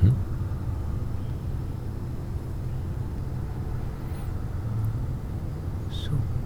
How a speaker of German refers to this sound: Also ein Flugzeug surrt da oben noch rum.